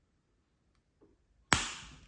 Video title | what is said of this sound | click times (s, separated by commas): Audi A3 A4 A6 A8 TT Key Fob Battery Replacement | make sure it clicks | 1.5 s